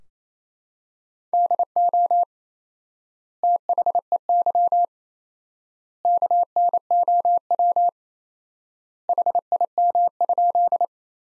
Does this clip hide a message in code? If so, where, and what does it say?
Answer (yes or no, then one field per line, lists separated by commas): yes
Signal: Morse code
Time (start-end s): 1.3-10.8 s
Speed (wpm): 28 wpm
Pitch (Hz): 700 Hz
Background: none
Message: DO THEY KNOW HIM?